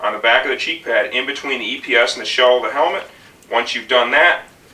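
A foam cheek pad for an Arai RX-Q motorcycle helmet is being fitted, with the tab on the back of the pad tucked between the EPS liner and the helmet shell. Someone talks throughout, and no snap or lock is heard. The front of the pad has not been pushed in yet, so nothing has seated or clicked.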